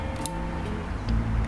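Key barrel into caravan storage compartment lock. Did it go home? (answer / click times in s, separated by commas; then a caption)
yes / 0.3 s. A new replacement key barrel for a Thetford caravan storage compartment lock, lined up with the tabs at the bottom and the red mark at the top, is pushed into the compartment lock housing. It gives a sharp, brief click at 0.3 s over a steady tonal background, which grows louder and lower after about 1.1 s. The barrel clicks home and is seated in place.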